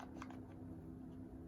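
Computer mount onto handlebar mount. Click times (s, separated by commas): 0.2 s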